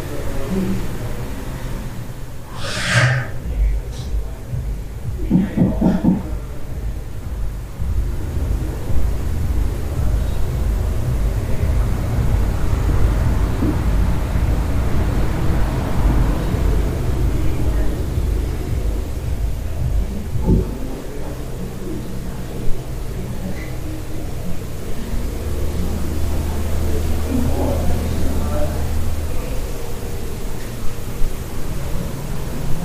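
Ambient sound from a hostel room in Central America: a steady low rumble runs throughout, like traffic or machinery outside. Short bright clatters and knocks break in near the start and again around twenty seconds, with a faint murmur of voices and a droning hum late on.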